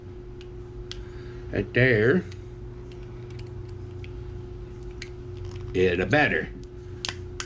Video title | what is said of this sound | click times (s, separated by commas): Bond Arms 9mm new grips | there it goes hear it snapping | 7.1 s, 7.4 s